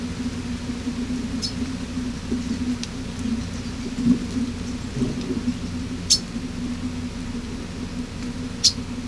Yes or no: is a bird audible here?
yes